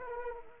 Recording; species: mosquito wingbeat signal from an infrared sensor; Anopheles arabiensis